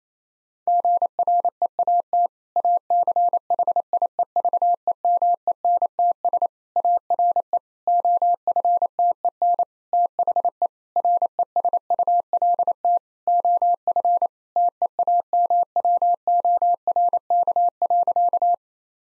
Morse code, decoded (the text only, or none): GREAT ACHIEVEMENTS ARE OFTEN THE RESULT OF TEAMWORK.